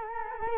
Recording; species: mosquito wingbeat signal from an infrared sensor; Culex quinquefasciatus